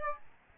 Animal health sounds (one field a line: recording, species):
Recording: mosquito wingbeat signal from an infrared sensor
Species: Aedes albopictus